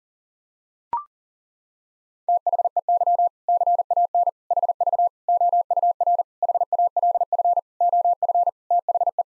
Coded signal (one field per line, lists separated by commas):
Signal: Morse code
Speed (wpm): 40 wpm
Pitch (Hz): 700 Hz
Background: none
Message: THEY CAN HV OUR HALF OF THE